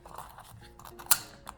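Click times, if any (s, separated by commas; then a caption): 1.1 s, 1.5 s. A plastic fuel filler cap on a 2019-2024 Toyota RAV4 2.5L (A25A-FKS) is twisted tight onto the filler neck, with soft scraping and rubbing before its ratchet gives a sharp click at 1.1 s and a second, quieter click at 1.5 s. One or two clicks is enough to confirm the cap is tight, since a cap that does not seal can set the same check engine light as a failed vapor canister purge valve.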